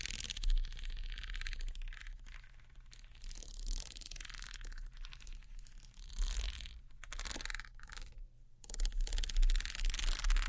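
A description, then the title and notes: Crinkly handling sounds of glow sticks, slime, sticky tape and scissors. Short bright scratches, snips and sticky peeling come in irregular bursts, with louder moments around the start, middle and end, over a low steady hum. ASMR Neon Triggers（no Talking）. Glow Sticks, Slime, Sticky Tape, Scissors.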